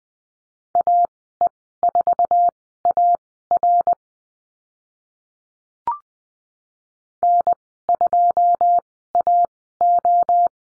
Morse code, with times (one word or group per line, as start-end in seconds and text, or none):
0.8-3.9 AE4AR
7.2-10.5 N2AO